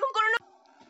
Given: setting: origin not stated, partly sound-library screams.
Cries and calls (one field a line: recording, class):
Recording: one-second piece from a danger detection set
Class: woman in danger